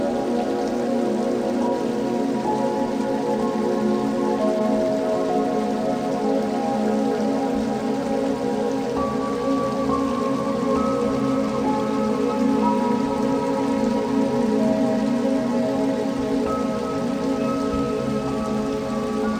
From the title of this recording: Soft Rain with 852 Hz + 432 Hz